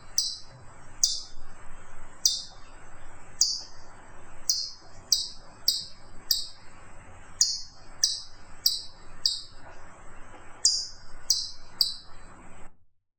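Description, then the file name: Chipmunk calling with sharp, high, downward chip notes, about fifteen in thirteen seconds at uneven intervals, over a low background rumble. "Burunduk"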